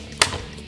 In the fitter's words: And when you press it into place, you hear the snap and know that it is installed properly.